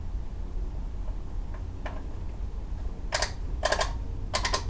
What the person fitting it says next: Once you hear a click, she's all tightened up.